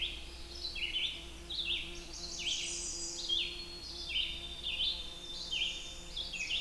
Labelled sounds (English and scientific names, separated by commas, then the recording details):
Red-eyed Vireo (Vireo olivaceus) song
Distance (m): 10 m
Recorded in boreal forest in Alberta, Canada, on 21 June 2016 at 05:16
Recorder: SongMeter 3, array SBT-6-81
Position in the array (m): 134 m, 117 m